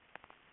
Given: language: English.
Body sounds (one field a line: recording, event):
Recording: throat vibration sensor signal played as sound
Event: swallow